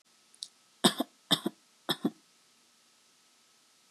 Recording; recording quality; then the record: shallow voluntary cough; excellent, no background noise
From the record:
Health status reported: healthy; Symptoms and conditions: none ticked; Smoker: not ticked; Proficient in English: yes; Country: India